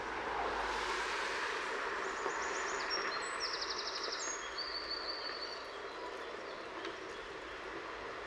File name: Grote gele kwikstaart in Utrecht - luc de bruijn